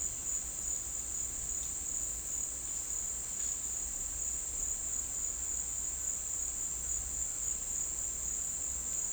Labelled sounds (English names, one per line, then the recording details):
none
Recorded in dense forest near Puerto Asís, Putumayo, Colombia, on 4 March 2025 at 16:00
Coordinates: 0.499, -76.324
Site GP03